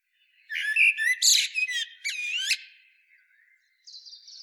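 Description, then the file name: Common blackbird giving one rich phrase of jumbled chirps, rising whistles and squeaky twitters, then a faint, thin high trailing note. "Turdus merula"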